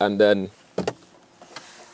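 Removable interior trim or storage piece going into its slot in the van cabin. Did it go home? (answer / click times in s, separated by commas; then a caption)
yes / 0.8 s, 0.9 s. A removable interior trim or storage piece of a VW ID. Buzz van is lined up with its tab sticking up and pressed down into its slot in the cabin. Someone talks briefly, then two sharp clicks land at 0.8 s and 0.9 s, followed by a smaller tap around 1.6 s. The piece seats and clicks into place so it will not move.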